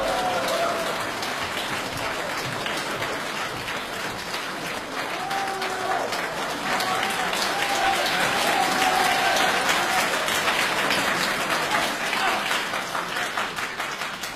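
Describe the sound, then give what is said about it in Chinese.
Sustained audience applause welcoming crosstalk performers Shi Bufan and his master Li Jindou for the xiangsheng piece 'Wen San Guo': a dense, steady wash of many hands clapping at an even loudness throughout, with faint tonal hints of voices or cheers rising briefly within the crowd noise. “请大家欣赏相声《问三国》，表演者呢是优秀的青年相声演员史不凡和他的师父李金斗，掌声欢迎。”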